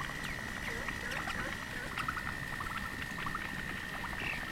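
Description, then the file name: Dusky fulvetta calls: scattered short, sharp chips and brief notes over a constant high steady tone and low rumbling background noise. "fulvetta-dusky -Alcippe-brunnea"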